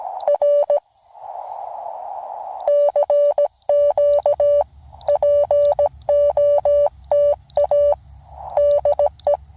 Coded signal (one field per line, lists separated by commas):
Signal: Morse code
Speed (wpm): 17 wpm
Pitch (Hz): 580 Hz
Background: none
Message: R CQ POTA DE